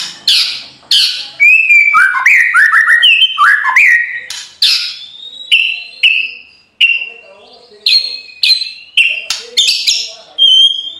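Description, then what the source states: White-rumped shama song: loud, varied whistled phrases with rich rolling notes and sharp high chips, delivered in quick bursts separated by brief pauses. Training recording (masteran) of full rolling song (ngerol) in nembak style.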